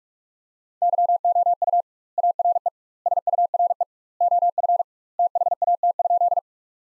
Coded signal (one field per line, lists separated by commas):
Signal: Morse code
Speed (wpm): 46 wpm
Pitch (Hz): 700 Hz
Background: none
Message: YOU ARE SURE OF THAT?